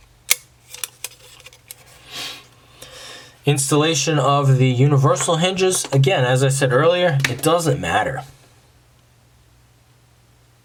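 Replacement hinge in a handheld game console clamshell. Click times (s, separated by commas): 0.3 s, 1.0 s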